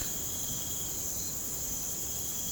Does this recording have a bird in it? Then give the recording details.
no. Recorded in pastures near Puerto Asís, Putumayo, Colombia, on 25 June 2025 at 01:30. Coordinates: 0.472, -76.331. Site G095